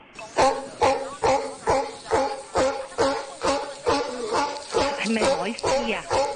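A sea lion barks over and over in a steady, rapid rhythm, each bark a loud, harsh, honking burst, the calls blurring together toward the end.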